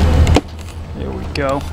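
A chrome trim ring is pressed by its plastic clips back into the front grille of a 2014-2015 Jeep Grand Cherokee, with a sharp snap at 0.4 s as it starts clipping in. Someone talks throughout. The ring is only partly in at this point and still needs to be fully seated.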